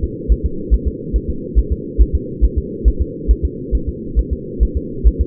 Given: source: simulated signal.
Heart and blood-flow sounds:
fetal heart sounds
0.04 s: S2
0.32 s: S1
0.46 s: S2
0.74 s: S1
0.88 s: S2
1.16 s: S1
1.30 s: S2
1.59 s: S1
1.72 s: S2
2.01 s: S1
2.15 s: S2
2.44 s: S1
2.58 s: S2
2.88 s: S1
3.02 s: S2
3.31 s: S1
3.45 s: S2
3.75 s: S1
3.89 s: S2
4.19 s: S1
4.33 s: S2
4.63 s: S1
4.77 s: S2
5.07 s: S1
5.21 s: S2
From the record:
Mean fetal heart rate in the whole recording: 140 bpm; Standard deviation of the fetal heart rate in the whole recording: 2 bpm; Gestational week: 34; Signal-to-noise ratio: -4.3 dB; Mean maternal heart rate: 72 bpm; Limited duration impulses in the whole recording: present

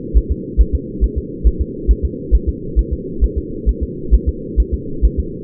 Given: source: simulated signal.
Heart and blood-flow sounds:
fetal heart sounds
0.17 s: S1
0.31 s: S2
0.61 s: S1
0.75 s: S2
1.04 s: S1
1.18 s: S2
1.47 s: S1
1.61 s: S2
1.91 s: S1
2.05 s: S2
2.35 s: S1
2.49 s: S2
2.79 s: S1
2.93 s: S2
3.24 s: S1
3.38 s: S2
3.69 s: S1
3.83 s: S2
4.14 s: S1
4.29 s: S2
4.60 s: S1
4.74 s: S2
5.05 s: S1
5.19 s: S2
From the record:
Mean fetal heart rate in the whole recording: 135 bpm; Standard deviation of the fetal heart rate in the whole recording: 3 bpm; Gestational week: 34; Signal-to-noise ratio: -4.3 dB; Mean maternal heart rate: 72 bpm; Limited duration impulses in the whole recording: absent

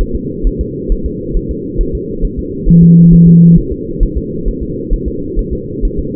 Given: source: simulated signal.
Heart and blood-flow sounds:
fetal heart sounds
0.01 s: S1
0.15 s: S2
0.47 s: S1
0.61 s: S2
0.92 s: S1
1.06 s: S2
1.37 s: S1
1.51 s: S2
1.81 s: S1
1.95 s: S2
2.25 s: S1
2.39 s: S2
2.69 s: S1
2.83 s: S2
3.13 s: S1
3.27 s: S2
3.58 s: S1
3.72 s: S2
4.03 s: S1
4.17 s: S2
4.48 s: S1
4.63 s: S2
4.94 s: S1
5.08 s: S2
5.39 s: S1
5.53 s: S2
5.85 s: S1
5.99 s: S2
From the record:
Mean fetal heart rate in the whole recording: 130 bpm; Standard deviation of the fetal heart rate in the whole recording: 4 bpm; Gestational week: 38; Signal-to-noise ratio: -6.6 dB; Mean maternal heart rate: 72 bpm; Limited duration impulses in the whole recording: present

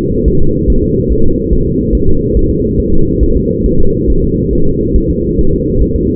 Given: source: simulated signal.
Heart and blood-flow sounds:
fetal heart sounds
0.28 s: S1
0.42 s: S2
0.70 s: S1
0.84 s: S2
1.12 s: S1
1.26 s: S2
1.53 s: S1
1.67 s: S2
1.95 s: S1
2.09 s: S2
2.37 s: S1
2.51 s: S2
2.80 s: S1
2.94 s: S2
3.23 s: S1
3.37 s: S2
3.66 s: S1
3.80 s: S2
4.10 s: S1
4.24 s: S2
4.53 s: S1
4.67 s: S2
4.96 s: S1
5.10 s: S2
5.39 s: S1
5.53 s: S2
5.82 s: S1
5.96 s: S2
From the record:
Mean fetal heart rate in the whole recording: 140 bpm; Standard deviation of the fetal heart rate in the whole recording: 2 bpm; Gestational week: 34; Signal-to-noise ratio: -19.1 dB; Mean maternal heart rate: 72 bpm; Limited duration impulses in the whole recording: present

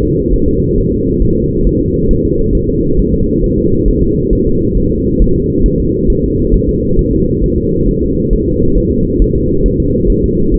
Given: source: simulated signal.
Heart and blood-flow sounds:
fetal heart sounds
0.03 s: S2
0.33 s: S1
0.48 s: S2
0.78 s: S1
0.92 s: S2
1.22 s: S1
1.37 s: S2
1.67 s: S1
1.81 s: S2
2.11 s: S1
2.25 s: S2
2.55 s: S1
2.69 s: S2
2.99 s: S1
3.14 s: S2
3.44 s: S1
3.58 s: S2
3.88 s: S1
4.03 s: S2
4.33 s: S1
4.47 s: S2
4.77 s: S1
4.92 s: S2
5.22 s: S1
5.36 s: S2
5.66 s: S1
5.80 s: S2
6.10 s: S1
6.24 s: S2
6.54 s: S1
6.69 s: S2
6.99 s: S1
7.13 s: S2
7.44 s: S1
7.58 s: S2
7.89 s: S1
8.03 s: S2
8.33 s: S1
8.48 s: S2
8.78 s: S1
8.92 s: S2
9.22 s: S1
9.36 s: S2
9.66 s: S1
9.80 s: S2
10.10 s: S1
10.24 s: S2
10.54 s: S1
From the record:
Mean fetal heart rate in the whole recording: 135 bpm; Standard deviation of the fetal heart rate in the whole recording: 3 bpm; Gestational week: 36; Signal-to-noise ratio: -15.3 dB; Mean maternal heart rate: 72 bpm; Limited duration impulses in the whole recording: present

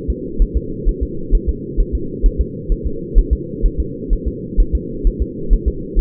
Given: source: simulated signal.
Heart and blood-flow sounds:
fetal heart sounds
0.10 s: S2
0.42 s: S1
0.57 s: S2
0.89 s: S1
1.03 s: S2
1.35 s: S1
1.49 s: S2
1.80 s: S1
1.95 s: S2
2.26 s: S1
2.41 s: S2
2.72 s: S1
2.87 s: S2
3.19 s: S1
3.33 s: S2
3.66 s: S1
3.80 s: S2
4.13 s: S1
4.28 s: S2
4.60 s: S1
4.75 s: S2
5.07 s: S1
5.22 s: S2
5.53 s: S1
5.68 s: S2
5.99 s: S1
From the record:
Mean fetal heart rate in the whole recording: 130 bpm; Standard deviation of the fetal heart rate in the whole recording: 2 bpm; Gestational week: 38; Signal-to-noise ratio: -4.3 dB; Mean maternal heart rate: 72 bpm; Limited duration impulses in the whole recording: absent

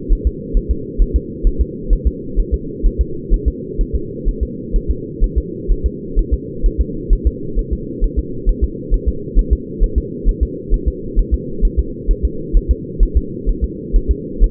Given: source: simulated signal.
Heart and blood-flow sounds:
fetal heart sounds
0.12 s: S1
0.27 s: S2
0.57 s: S1
0.71 s: S2
1.02 s: S1
1.16 s: S2
1.47 s: S1
1.61 s: S2
1.93 s: S1
2.07 s: S2
2.40 s: S1
2.54 s: S2
2.87 s: S1
3.01 s: S2
3.34 s: S1
3.48 s: S2
3.81 s: S1
3.95 s: S2
4.28 s: S1
4.43 s: S2
4.76 s: S1
4.91 s: S2
5.24 s: S1
5.38 s: S2
5.72 s: S1
5.86 s: S2
6.19 s: S1
6.34 s: S2
6.66 s: S1
6.81 s: S2
7.13 s: S1
7.27 s: S2
7.59 s: S1
7.73 s: S2
8.04 s: S1
8.19 s: S2
8.49 s: S1
8.64 s: S2
8.94 s: S1
9.08 s: S2
9.39 s: S1
9.53 s: S2
9.84 s: S1
9.98 s: S2
10.29 s: S1
10.43 s: S2
10.74 s: S1
10.88 s: S2
11.19 s: S1
11.34 s: S2
11.65 s: S1
11.79 s: S2
12.11 s: S1
12.25 s: S2
12.57 s: S1
12.71 s: S2
13.03 s: S1
13.17 s: S2
13.49 s: S1
13.64 s: S2
13.96 s: S1
14.11 s: S2
14.44 s: S1
From the record:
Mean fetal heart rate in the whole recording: 130 bpm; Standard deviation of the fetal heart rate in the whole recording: 2 bpm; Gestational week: 38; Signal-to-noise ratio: -4.3 dB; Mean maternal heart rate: 72 bpm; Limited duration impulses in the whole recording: absent

